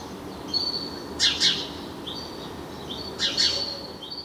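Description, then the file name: House sparrow calls: two pairs of chirps about two seconds apart, with thin level whistled notes and background hiss. "Passer domesticus"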